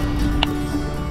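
A metal retaining spring clip on a 2000 Impala trunk strut's socket end is slid back into place with a short, sharp metallic click at 0.4 s. The clip is seated. A steady low hum runs underneath throughout.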